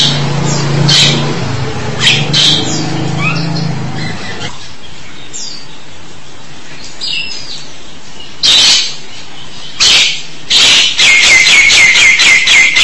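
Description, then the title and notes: Starling song, a low steady hum at first with a few thin whistles, then loud harsh screechy bursts and a rapid buzzy chatter toward the end. "suara burung jalak"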